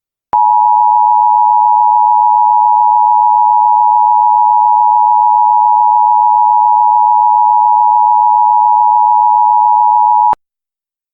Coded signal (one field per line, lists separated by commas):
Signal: Emergency Alert System (SAME) tones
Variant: 853 and 960 Hz attention tone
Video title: EAS SCENARIO - What Lies Down There?